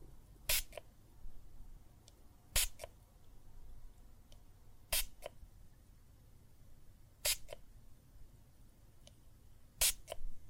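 Water and soap foam give sharp, wet pops about every two and a half seconds, each quickly followed by a softer second pop. Faint fizzy ticks fall between them, over a steady low murmur that stays the same throughout.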